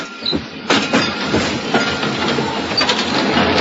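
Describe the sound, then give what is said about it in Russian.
A decrepit old tram car of the suburban dacha line, running between garden plots and a turning loop, rolls in with a steady, loud rattling rumble, its wheels clacking in uneven beats over the rails, with no voices. “Подъехал дряхлый вагончик дачной линии.”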